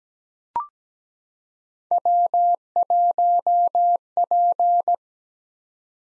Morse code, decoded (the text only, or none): W1P